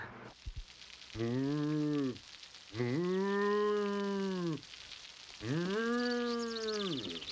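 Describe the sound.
A person imitates a cow, letting out three long, drawn-out moos that rise and then sag in pitch, with short pauses between them, over a steady hiss like running water.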